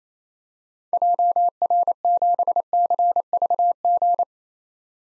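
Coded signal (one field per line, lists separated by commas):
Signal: Morse code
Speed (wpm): 28 wpm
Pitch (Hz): 700 Hz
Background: none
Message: JR7CVG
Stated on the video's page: Morse drill of common POTA activator call signs at 28 wpm for head-copy practice, each sent, spoken, then sent again.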